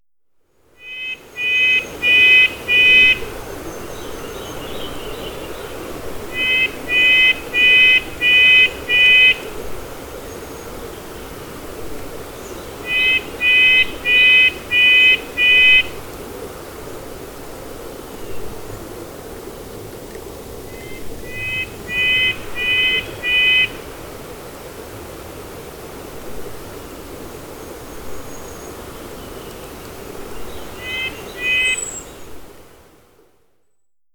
Red-breasted Nuthatch "song" recorded on the Spruce Lake Trail in Rocky Mountain National Park.